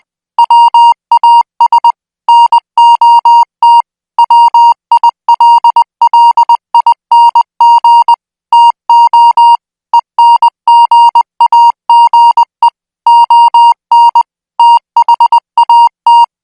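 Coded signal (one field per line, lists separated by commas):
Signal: Morse code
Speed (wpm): 20 wpm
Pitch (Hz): 940 Hz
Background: music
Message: WAS NOT WILLING TO ENGAGE ON THAT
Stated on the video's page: Morse practice signal at 20 words per minute, made for military signal school training.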